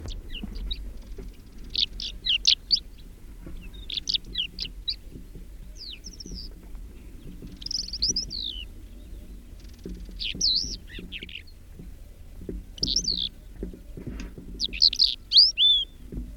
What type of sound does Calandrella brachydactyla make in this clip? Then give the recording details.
song. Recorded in the wild. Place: Albesti, Transilvania, RO. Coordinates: 46.258, 24.86. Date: 1973-04-29. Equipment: Nagra III BH, Sennheiser MD 21, parabola. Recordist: Schubert, Michael